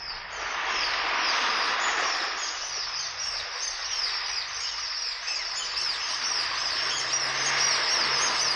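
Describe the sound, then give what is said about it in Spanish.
A ring of seagulls screeching all around: a dense, continuous wash of shrill cries, many overlapping into a steady high-pitched clamor that stays loud for the whole stretch, with no voices. “Corona de gaviotas chillaban en derredor.”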